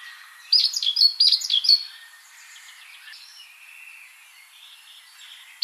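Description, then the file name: Great tit calls: one quick burst of several sharp, high chirping notes, then softer scattered twittering and faint background bird notes. "Parus major"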